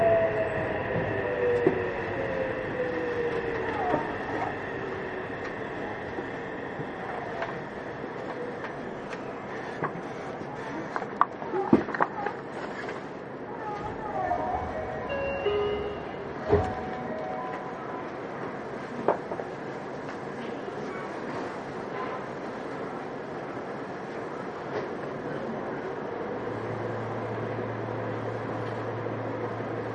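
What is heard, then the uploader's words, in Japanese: A Yokohama Municipal Subway 3000R train runs with a steady, dense rumble and hum throughout. A falling whine is heard at the very start, sharp clicks and clunks arrive around 11–12 and 16 seconds, and a low steady drone comes in near the end. 横浜市営地下鉄3000R形 関内〜あざみ野。快速運用で録音。録音はICレコダーを使用しています。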